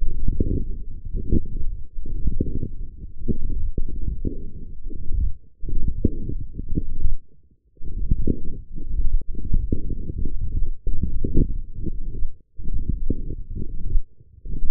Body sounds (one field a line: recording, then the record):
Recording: forearm muscle sounds (acoustic myography)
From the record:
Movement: forearm pronation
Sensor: system 1, eight BSWA MPA416 microphones around the upper forearm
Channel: 5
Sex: male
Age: 23 years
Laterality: right